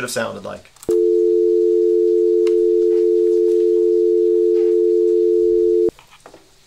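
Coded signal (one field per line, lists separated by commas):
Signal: telephone call progress tone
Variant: North America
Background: speech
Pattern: dial tone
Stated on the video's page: DTMF tones generated with SoX software.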